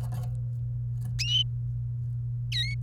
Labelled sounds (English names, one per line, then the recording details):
Domestic Canary song
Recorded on 28 April 2018 at 15:36
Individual llb3